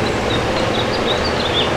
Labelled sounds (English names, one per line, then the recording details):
House Finch song
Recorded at Patchogue on Long Island, New York, on 21 June 2013
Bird G